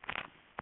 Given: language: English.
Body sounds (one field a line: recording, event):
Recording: throat vibration sensor signal played as sound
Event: swallow